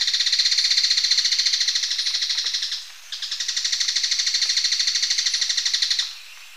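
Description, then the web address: Flammulated treehunter delivering two dry, machine-like rattles back to back, each about three seconds of rapid, evenly spaced pulses. Ecuador. "Birds of Ecuador. Flammulated Treehunter"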